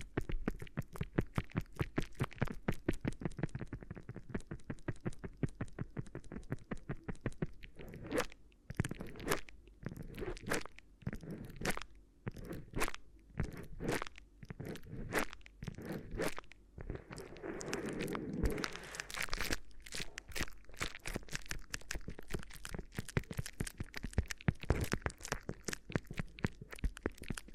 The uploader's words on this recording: ASMR Addictive Crinkly Ear Massage (No Talking).